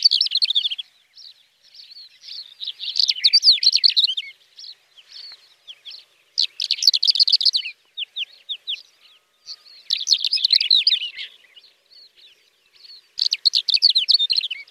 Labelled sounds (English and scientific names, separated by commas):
Greater Short-toed Lark (Calandrella brachydactyla) song